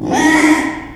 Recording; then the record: squeal of a Yucatan mini pig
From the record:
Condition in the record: after surgery on the right vocal fold (resection and tissue-engineered implant); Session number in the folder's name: 3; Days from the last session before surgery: 33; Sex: male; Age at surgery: 12 weeks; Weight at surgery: 13 kg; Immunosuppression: cyclosporine, prednisolone